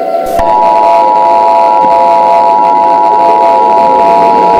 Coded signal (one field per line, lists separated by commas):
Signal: Emergency Alert System (SAME) tones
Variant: 853 and 960 Hz attention tone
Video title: EAS Scenario: The Roblox Slender Outbreak (Labor Day Special)